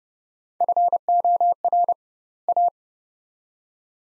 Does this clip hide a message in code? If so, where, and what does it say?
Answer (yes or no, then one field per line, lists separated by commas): yes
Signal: Morse code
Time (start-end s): 0.6-2.7 s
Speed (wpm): 29 wpm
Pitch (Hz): 700 Hz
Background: none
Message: FOR A